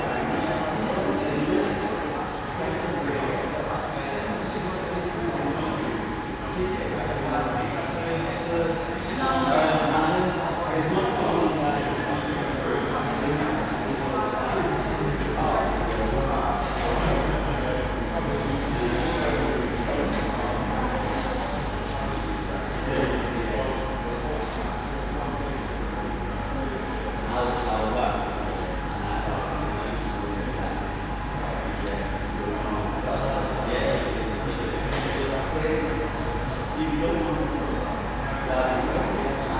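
In a mostly deserted train station ticket office, a few travellers' voices murmur and talk throughout, overlapping in a steady, moderate chatter. A faint constant tone hums underneath, and from about fifteen seconds a low rumble joins in, with occasional clacks and knocks.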